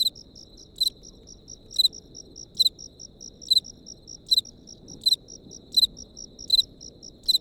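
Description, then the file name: Crickets chirping: a steady run of short high pulses with louder sharp chirps breaking in about every second, over a low rumbling background. Crickets recorded close up. "tomas miguel - grillos close up"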